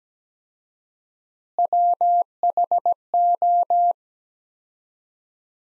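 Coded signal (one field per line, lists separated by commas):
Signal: Morse code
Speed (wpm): 17 wpm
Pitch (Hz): 700 Hz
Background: none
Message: WHO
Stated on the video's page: Morse practice sentences from the top 100 words at 17 wpm with 4x standard word spacing, a Farnsworth-like word-spacing drill.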